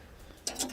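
A section of metal LED channel track is pressed onto a plastic mounting clip, and one sharp snap is heard at 0.5 s, followed by a softer burst of high-frequency noise around 0.6 s. The track seats in the clip.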